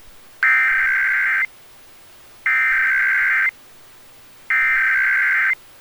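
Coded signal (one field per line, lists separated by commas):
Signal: Emergency Alert System (SAME) tones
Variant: header bursts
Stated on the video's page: National Periodic Test relayed by FM broadcast stations and a cable system, recorded from stereos and an MP3 player via microphone jack and audio recorder.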